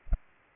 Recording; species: mosquito wingbeat signal from an infrared sensor; Culex pipiens